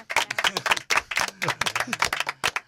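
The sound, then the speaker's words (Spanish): A burst of audience applause: many hands clapping in a loud, irregular patter that runs throughout, with voices faintly audible underneath. “Un aplauso.”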